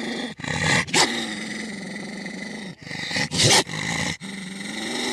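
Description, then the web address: Wolf growls and snarls, rasping throaty bursts broken by short sharp breaths, irregular and loud. "animals wild|wolves"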